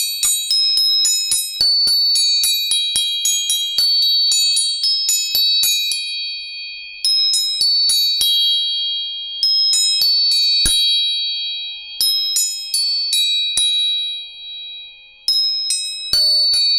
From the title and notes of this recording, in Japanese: 音叉チューニング。